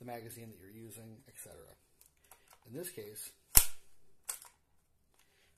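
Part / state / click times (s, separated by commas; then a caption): pistol magazine into magazine well / seated / 3.6 s. Someone talks as a pistol magazine is slapped up into a magazine well fitted with an aftermarket magazine-retention part. A sharp, loud click at 3.6 s marks the magazine locking fully home, and it is fully seated.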